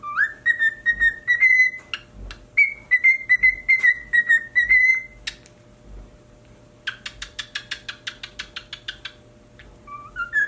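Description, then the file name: Cockatiel whistling a long steady phrase with slight wavers, then a burst of rapid clicking, buzzy notes and a short rising whistle at the end. "Cockatiel Singing"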